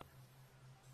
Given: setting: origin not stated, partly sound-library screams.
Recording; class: one-second piece from a danger detection set; normal situation